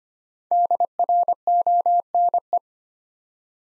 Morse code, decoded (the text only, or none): DRONE